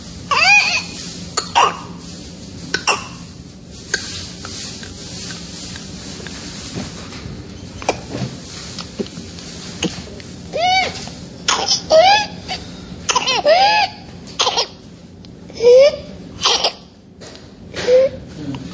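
A child with whooping cough (pertussis), a disease that can be dramatic: repeated bursts of coughing, each followed by a high-pitched, rising whooping in-breath.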